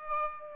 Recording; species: mosquito wingbeat signal from an infrared sensor; Aedes aegypti